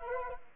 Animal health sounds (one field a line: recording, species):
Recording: mosquito wingbeat signal from an infrared sensor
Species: Anopheles arabiensis